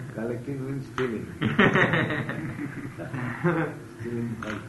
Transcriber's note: laughter